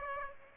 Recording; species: mosquito wingbeat signal from an infrared sensor; Aedes aegypti